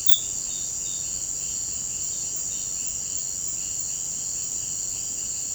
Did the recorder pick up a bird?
no